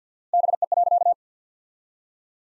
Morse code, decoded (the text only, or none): BE.